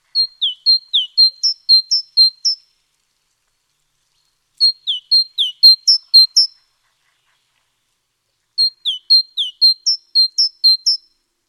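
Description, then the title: Great tit: clear, high, piping two-note phrases delivered in three rhythmic bursts of about two seconds, with quiet gaps of similar length between them. Nominate subspecies Parus major major. "G3latik b4t0. Great Tit (Parus major major)"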